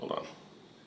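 Someone briefly talks while handling the plastic side cover of a PS5 game console, pushing it back onto the console body so its tabs line up with the slots, followed by faint low handling noise. Nothing has seated or snapped into place yet.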